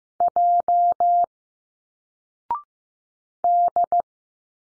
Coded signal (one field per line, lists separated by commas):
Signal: Morse code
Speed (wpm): 15 wpm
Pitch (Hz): 700 Hz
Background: none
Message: J D